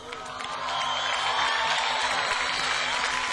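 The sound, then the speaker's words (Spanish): Loud, sustained applause from a crowd, a dense wash of clapping that swells in the first half second and then holds steady, with a few faint cheers mixed in. “Fuerte aplauso, el aplauso a este ángel, por favor.”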